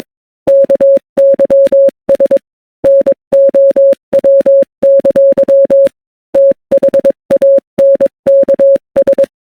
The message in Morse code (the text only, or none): KYS NOW! THANKS